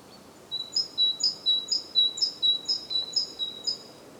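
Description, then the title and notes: Great tit song of ringing two-note phrases, a higher note paired with a sustained lower one, repeated about seven times in steady rhythm. Recorded at Głodówka, Žilina Region, Slovakia, with a Zoom F3 recorder and Usi Pro microphones. "Głodówka, Kraj żyliński, Słowacja - Great voice of a great tit. Recordist: Maciej Wirmański"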